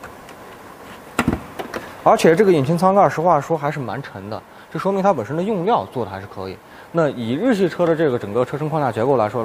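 On a Suzuki Vitara, a hand reaches under the front edge of the hood and flicks the release lever, and a sharp metallic clunk at 1.2 s marks the latch letting go, followed by a few lighter ticks. The hood pops open with a single simple flick and is fairly heavy. Someone talks for most of the clip.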